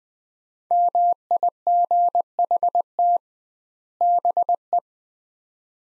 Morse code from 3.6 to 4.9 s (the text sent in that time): BE